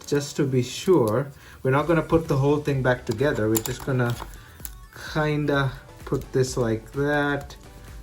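During a repair of an old Nokia 3390/3310 phone with a flickering display, the LCD display module is handled and positioned onto the phone's circuit board frame without fully reassembling the phone. Someone talks throughout. Nothing has seated or clicked into place yet.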